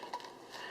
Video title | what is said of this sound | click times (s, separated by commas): How to use the Jet Boil review-The best cook set EVER!!!!! | and it locks into place | 0.1 s